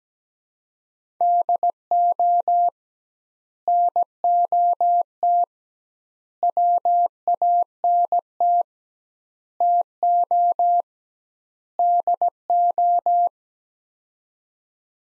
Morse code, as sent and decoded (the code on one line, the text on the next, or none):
-.. --- / -. --- - / .-- .- -. - / - --- / -.. ---
DO NOT WANT TO DO